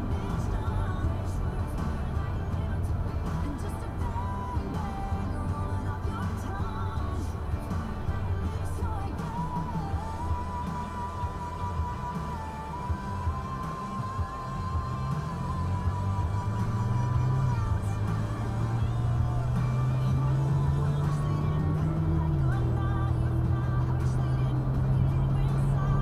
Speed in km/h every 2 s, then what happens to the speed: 52, 44, 34, 23, 16, 6, 5, 23, 37, 52, 61, 69, 77.
0-12 brakes to 5. 12-26 speeds up to 77.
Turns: none.